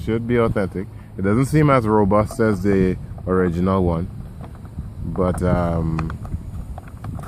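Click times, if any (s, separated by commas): 6.8 s, 7.0 s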